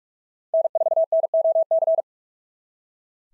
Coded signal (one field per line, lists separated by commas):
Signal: Morse code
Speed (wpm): 44 wpm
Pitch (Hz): 650 Hz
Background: none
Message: N4NOC